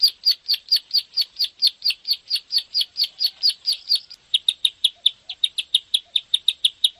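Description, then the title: Bar-winged prinia song: steady repeated high chirps, then after a brief break a change to shorter, tighter notes in a quick series. Recording made for training songbirds. "Masteran Ciblek"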